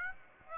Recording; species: mosquito wingbeat signal from an infrared sensor; Aedes aegypti